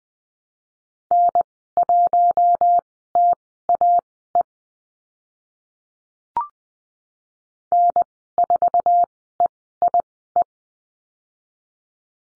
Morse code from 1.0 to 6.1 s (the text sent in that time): N1TAE